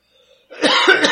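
A single loud, harsh cough burst from an adult man after a brief quiet lead-in.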